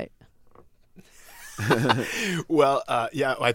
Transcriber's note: laughter